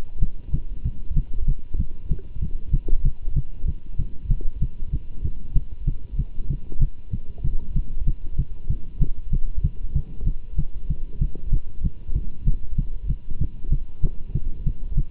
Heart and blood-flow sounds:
heart sounds by stethoscope; between the tricuspid and mitral areas; 191 bpm
0.21 s: heartbeat
0.52 s: heartbeat
0.84 s: heartbeat
1.15 s: heartbeat
1.47 s: heartbeat
1.78 s: heartbeat
2.10 s: heartbeat
2.41 s: heartbeat
2.72 s: heartbeat
3.03 s: heartbeat
3.35 s: heartbeat
3.66 s: heartbeat
3.98 s: heartbeat
4.29 s: heartbeat
4.61 s: heartbeat
4.92 s: heartbeat
5.23 s: heartbeat
5.54 s: heartbeat
5.86 s: heartbeat
6.18 s: heartbeat
6.49 s: heartbeat
6.80 s: heartbeat
7.12 s: heartbeat
7.43 s: heartbeat
7.75 s: heartbeat
8.06 s: heartbeat
8.37 s: heartbeat
8.69 s: heartbeat
9.00 s: heartbeat
9.31 s: heartbeat
9.63 s: heartbeat
9.94 s: heartbeat
10.25 s: heartbeat
10.57 s: heartbeat
10.89 s: heartbeat
11.20 s: heartbeat
11.51 s: heartbeat
11.83 s: heartbeat
12.14 s: heartbeat
12.46 s: heartbeat
12.77 s: heartbeat
13.08 s: heartbeat
13.40 s: heartbeat
13.71 s: heartbeat
14.02 s: heartbeat
14.34 s: heartbeat
14.65 s: heartbeat
14.96 s: heartbeat
From the record:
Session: Bruce protocol treadmill stress test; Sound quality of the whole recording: good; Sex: male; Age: 24 years

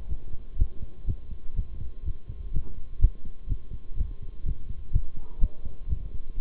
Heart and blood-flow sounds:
heart sounds by stethoscope; between the tricuspid and mitral areas; 124 bpm
0.09 s: heartbeat
0.58 s: heartbeat
1.07 s: heartbeat
1.56 s: heartbeat
2.05 s: heartbeat
2.53 s: heartbeat
3.01 s: heartbeat
3.49 s: heartbeat
3.97 s: heartbeat
4.45 s: heartbeat
4.93 s: heartbeat
5.41 s: heartbeat
5.89 s: heartbeat
6.38 s: heartbeat
From the record:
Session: bicycle stress test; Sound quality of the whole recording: good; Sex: male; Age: 23 years

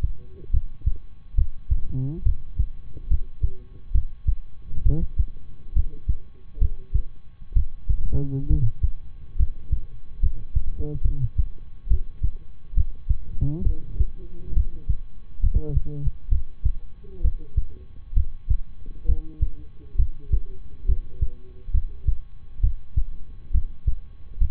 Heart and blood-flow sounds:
heart sounds by stethoscope; between the tricuspid and mitral areas; 68 bpm
0.50 s: heartbeat
1.34 s: heartbeat
2.22 s: heartbeat
3.07 s: heartbeat
3.91 s: heartbeat
4.82 s: heartbeat
5.72 s: heartbeat
6.57 s: heartbeat
7.52 s: heartbeat
8.46 s: heartbeat
9.35 s: heartbeat
10.19 s: heartbeat
11.01 s: heartbeat
11.87 s: heartbeat
12.73 s: heartbeat
13.62 s: heartbeat
14.53 s: heartbeat
15.39 s: heartbeat
16.28 s: heartbeat
17.20 s: heartbeat
18.13 s: heartbeat
19.05 s: heartbeat
19.95 s: heartbeat
20.85 s: heartbeat
21.70 s: heartbeat
22.60 s: heartbeat
23.50 s: heartbeat
24.37 s: heartbeat
From the record:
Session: rest, lying down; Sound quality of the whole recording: good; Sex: male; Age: 23 years

